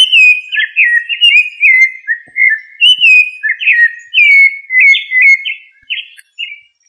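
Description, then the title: Thrush song: a flowing series of whistled, slurred notes at a lively pace. "Familia Turdidae - Sabia"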